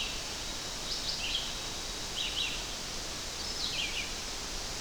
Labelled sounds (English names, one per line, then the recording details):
Red-eyed Vireo song
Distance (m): 25 m
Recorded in boreal forest in Alberta, Canada, on 12 June 2016 at 06:37
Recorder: SongMeter 3, array SBT-3-18
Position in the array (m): 237 m, 101 m